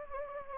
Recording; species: mosquito wingbeat signal from an infrared sensor; Anopheles gambiae